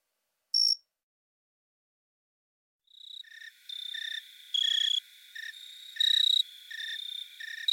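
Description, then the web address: Jumping bush cricket chirps: one isolated high chirp, a pause of about two seconds, then a run of short chirps. "Crickets and Katydids. Jumping Bush Cricket, Orocharis saltator"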